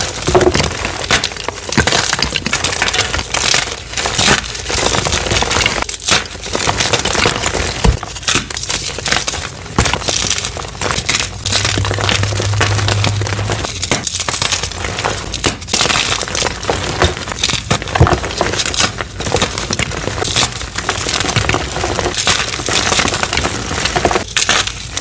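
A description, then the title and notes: Crispy dyed chalk is crushed and crumbled, giving a dense, continuous run of dry crunching and crinkling with sharp snaps every second or so. The sound is bright and gritty, steady in loudness throughout. Crispy Dyed Chalk Extravaganza! (NO POWDER PLAY).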